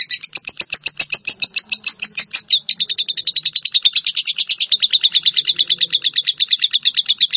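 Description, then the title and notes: Bird giving fast, high repeated chirps that shift slightly in tone partway through and continue as a dense, rhythmic chatter. "Bird Sound. Kicau Burung Lengkap"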